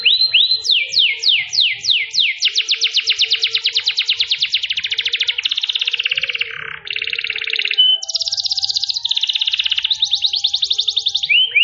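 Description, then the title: Canary song: descending sweeps lead into a long fast trill, a brief dip, then dense buzzy rolls and a closing whistled note. Kenari mewah in cengkok style, a long-duration song with a special pleasing style. "Cengkok Kenari Mewah. Kenari mewah durasi panjang. Cengkok enak gaya istimewa"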